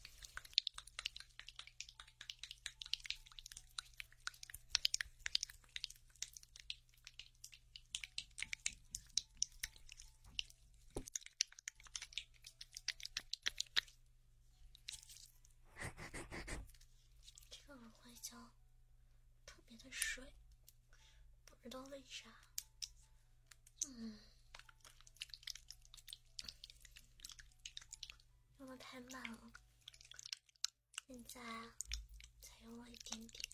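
Sticky crackling of aloe gel being worked over an ear, dense and rapid for the first ten seconds, then breaking into separate wet squelches and smacks. A loud rushing swipe lands around sixteen seconds, and a low steady hum runs underneath throughout.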